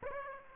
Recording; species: mosquito wingbeat signal from an infrared sensor; Aedes aegypti